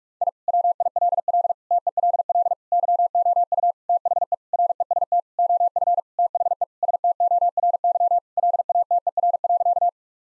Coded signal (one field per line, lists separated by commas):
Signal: Morse code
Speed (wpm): 44 wpm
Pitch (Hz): 700 Hz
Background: none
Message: I WILL TELL YOU THE REST OF THE STORY LATER.